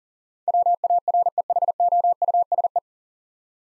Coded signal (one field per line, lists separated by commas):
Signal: Morse code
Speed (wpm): 37 wpm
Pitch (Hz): 700 Hz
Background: none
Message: WAREHOUSE